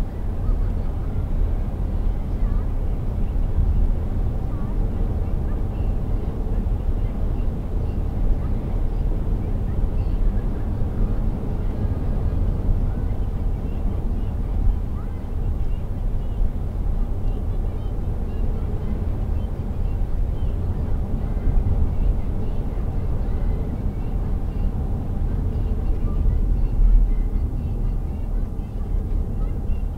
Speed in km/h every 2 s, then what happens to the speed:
128, 130, 131, 131, 131, 130, 129, 123, 124, 125, 126, 126, 111, 100, 97.
0-22 steady at about 128. 22-30 brakes to 97.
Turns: none.